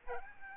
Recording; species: mosquito wingbeat signal from an infrared sensor; Aedes albopictus